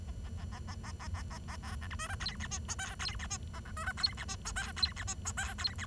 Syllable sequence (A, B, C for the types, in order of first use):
A A A A A A A A A A B C D E F G H I J K G H I A C E F G H I J K G H I J K G H